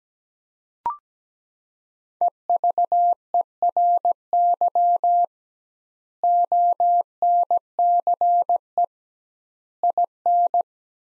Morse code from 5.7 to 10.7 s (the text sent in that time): ONCE IN